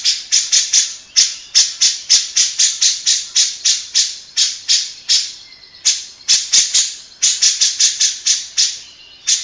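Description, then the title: Grey-cheeked bulbul song: a long, fast series of harsh, buzzy rasping notes, several per second, broken by short pauses and a faint whistle. Long-duration masteran tutor recording for training captive songbirds. "Cucak Jenggot Masteran"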